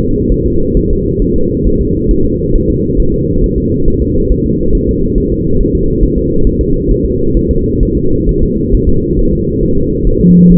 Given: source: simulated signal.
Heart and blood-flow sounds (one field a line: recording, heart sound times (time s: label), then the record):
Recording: fetal heart sounds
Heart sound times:
0.00 s: S2
0.32 s: S1
0.46 s: S2
0.77 s: S1
0.91 s: S2
1.22 s: S1
1.36 s: S2
1.67 s: S1
1.81 s: S2
2.11 s: S1
2.25 s: S2
2.55 s: S1
2.70 s: S2
3.00 s: S1
3.14 s: S2
3.44 s: S1
3.58 s: S2
3.88 s: S1
4.02 s: S2
4.32 s: S1
4.46 s: S2
4.75 s: S1
4.89 s: S2
5.18 s: S1
5.32 s: S2
5.61 s: S1
5.75 s: S2
6.03 s: S1
6.18 s: S2
6.47 s: S1
6.61 s: S2
6.91 s: S1
7.05 s: S2
7.37 s: S1
7.51 s: S2
7.83 s: S1
7.97 s: S2
8.29 s: S1
8.43 s: S2
8.75 s: S1
8.89 s: S2
9.19 s: S1
9.33 s: S2
9.63 s: S1
9.77 s: S2
10.07 s: S1
10.21 s: S2
10.52 s: S1
From the record:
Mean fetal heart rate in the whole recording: 135 bpm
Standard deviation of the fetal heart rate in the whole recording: 3 bpm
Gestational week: 36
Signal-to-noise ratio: -16.4 dB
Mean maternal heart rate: 72 bpm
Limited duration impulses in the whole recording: present